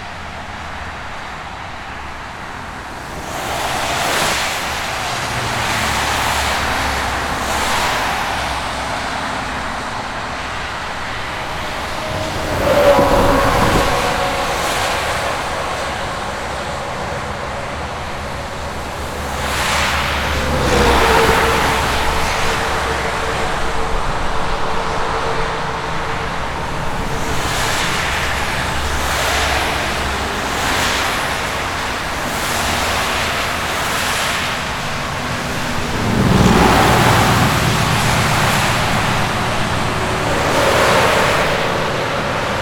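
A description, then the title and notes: Fast traffic streams along an expressway in a constant, dense roar, with vehicles rushing past every few seconds. Louder passes swell around 13, 21 and 36 seconds, some leaving a brief whining tone, while a low rumble persists underneath. Busy and Fast Expressway Ambience.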